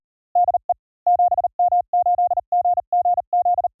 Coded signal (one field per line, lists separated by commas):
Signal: Morse code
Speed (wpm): 38 wpm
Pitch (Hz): 710 Hz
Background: none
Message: DE 7M8GGZ